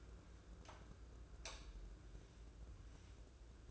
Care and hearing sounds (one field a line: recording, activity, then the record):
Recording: daily activity, microphone in the room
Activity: light on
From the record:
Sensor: 2